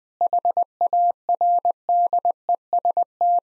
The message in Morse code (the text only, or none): HARDEST